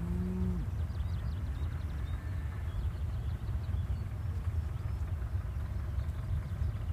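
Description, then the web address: Cow giving one short, low moo at the start, then a steady engine rumble continues with faint bird notes high above. Village soundscape with birds and cows, tractor in the background. "wies ptaki kogut krowy traktor w tle"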